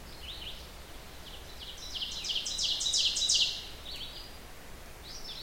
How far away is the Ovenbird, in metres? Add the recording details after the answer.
about 35 m. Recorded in boreal forest in Alberta, Canada, on 16 June 2016 at 07:06. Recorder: SongMeter 3, array SBT-3-32. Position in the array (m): 132 m, 165 m. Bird 37